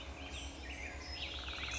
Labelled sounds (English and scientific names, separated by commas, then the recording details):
Black-headed Grosbeak (Pheucticus melanocephalus)
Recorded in Sonoma County, California